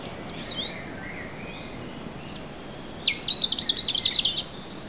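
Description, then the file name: European robin song: a few soft, thin whistled notes, then a louder, rapid, rattling trill of high notes lasting about a second and a half, over light hiss. "Erithacus rubecula"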